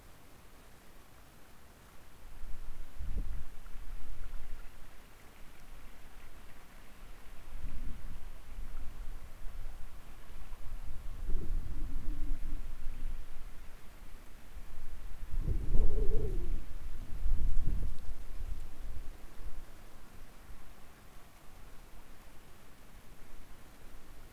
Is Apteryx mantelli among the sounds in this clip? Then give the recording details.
no. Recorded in New Zealand on 16 October 2015. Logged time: 20:14. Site BM6